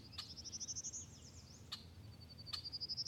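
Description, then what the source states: Prairie Warbler song, a rapid series of thin, high notes climbing steadily in pitch, then a second rising run begins; a few sharp clicks. Singing from a sapling in the middle of a clear cut where the land had been ravaged; little yellow bird with black markings, three and a half to four inches long.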